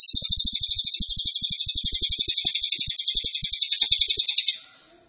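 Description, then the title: Cililin singing a fast, high chattering trill of evenly spaced pulses, holding steady then fading out near the end; soft low ticking underneath. Cililin song, used to teach songbirds. "Cililin AMPUH. Masteran Burung cililin masteran sang juara"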